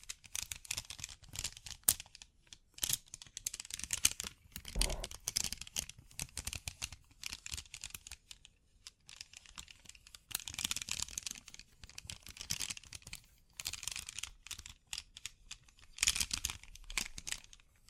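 Bling bling triggers: crisp, bright crinkling and rapid clicking come in dense bursts of a second or two, separated by brief quiet gaps. The scratchy rustling is busiest around 10–12 and 16 seconds, and a soft low thump lands near the 5-second mark.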